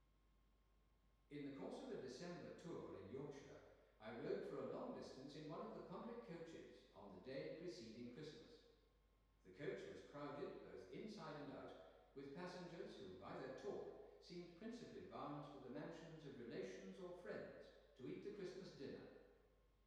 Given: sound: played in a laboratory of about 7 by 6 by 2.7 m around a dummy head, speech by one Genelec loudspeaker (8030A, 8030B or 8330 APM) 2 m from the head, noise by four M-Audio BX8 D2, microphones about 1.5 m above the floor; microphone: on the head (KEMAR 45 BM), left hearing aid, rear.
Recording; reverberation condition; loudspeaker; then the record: male speech in English; high; 120 degrees to the right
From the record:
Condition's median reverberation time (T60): about 1300 ms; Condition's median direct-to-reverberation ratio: about -4.0 dB